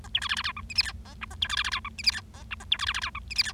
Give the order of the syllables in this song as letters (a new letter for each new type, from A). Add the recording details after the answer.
A B C D D E F G H I J K A B C D D E F G H I J K A B C D D E F G H I. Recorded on 25 March 2012 at 08:15. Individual gy6or6